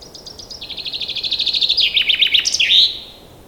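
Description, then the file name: Common chaffinch song, a fast rattling series of high notes that drops lower in stages before a brisk ending flourish; little else audible. "Fringilla coelebs"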